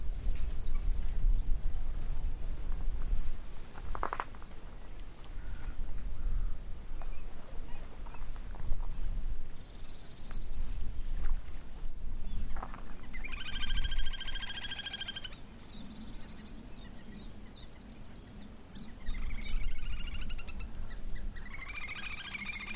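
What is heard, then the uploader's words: Little grebes call across the marsh in bursts of rapid, high trilling giggles, strongest around the middle and again near the end. Short chirps and whistles dot the gaps, over a steady low rumble and hiss that runs throughout. Eerie birdcalls from the Avalon Marshes. Sun spills over the Avalon Marshes, driving away the last vestiges of winter. Across the water comes the hysterical giggling of courting little grebes. Recorded by Fergus Collins.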